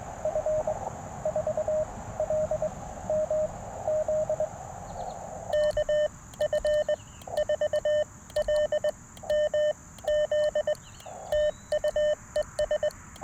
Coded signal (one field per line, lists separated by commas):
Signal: Morse code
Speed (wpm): 20 wpm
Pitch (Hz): 600 Hz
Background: none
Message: F4LMZ K F4LMZ TUES